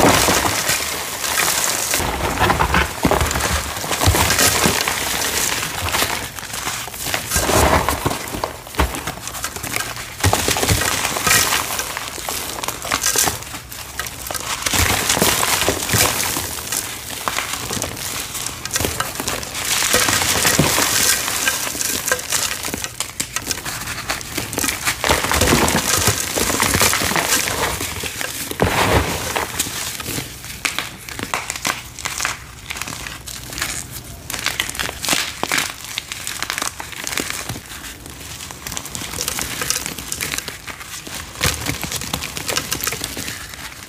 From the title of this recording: Random Cornstarch Crunchies Crushes